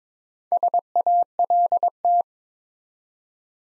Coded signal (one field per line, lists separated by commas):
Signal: Morse code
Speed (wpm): 22 wpm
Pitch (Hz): 700 Hz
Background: none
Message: SALT